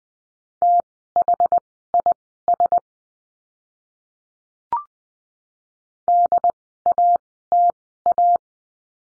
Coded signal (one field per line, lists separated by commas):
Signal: Morse code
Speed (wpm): 20 wpm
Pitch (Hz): 700 Hz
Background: none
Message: THIS DATA